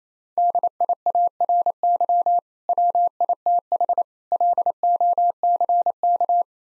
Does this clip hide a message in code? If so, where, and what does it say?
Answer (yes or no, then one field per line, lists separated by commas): yes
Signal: Morse code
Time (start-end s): 0.4-6.4 s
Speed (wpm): 27 wpm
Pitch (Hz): 700 Hz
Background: none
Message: DIARY WITH LOCK